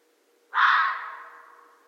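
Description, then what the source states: Red fox producing one strong, rough call that bursts in sharply and then dies away slowly, over a steady hum. Recorded 13 January 2012.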